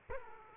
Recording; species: mosquito wingbeat signal from an infrared sensor; Aedes aegypti